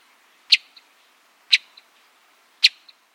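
Hepatic tanager call notes: three short, sharp chips spaced about one second apart, each followed by a faint softer click, in a quiet background.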